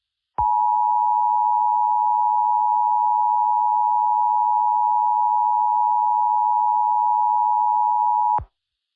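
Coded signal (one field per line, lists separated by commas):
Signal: Emergency Alert System (SAME) tones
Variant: 853 and 960 Hz attention tone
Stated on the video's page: Fictional scenario containing valid EAS tones.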